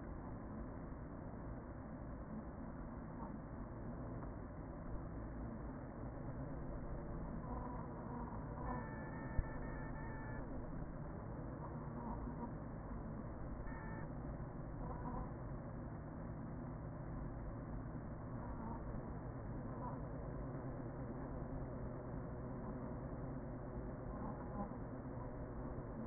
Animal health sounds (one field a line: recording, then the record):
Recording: honeybee colony, microphone inside the hive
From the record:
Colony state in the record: queen present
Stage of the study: after two queens were removed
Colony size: about 40,000 bees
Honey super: no